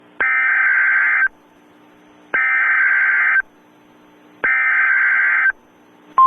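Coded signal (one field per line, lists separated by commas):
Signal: Emergency Alert System (SAME) tones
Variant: header bursts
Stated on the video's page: Comedy EAS alert, not a real one.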